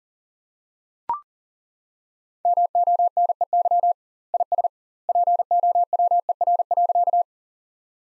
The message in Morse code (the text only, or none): MONEY IS POWER.